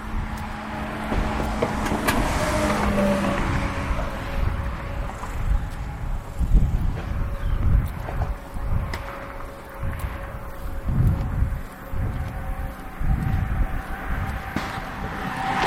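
A lunchtime walk around the neighborhood, with a steady low rumble of passing traffic that swells and fades every few seconds. A faint hum holds in the background throughout, and sharp little clicks and taps come through now and then.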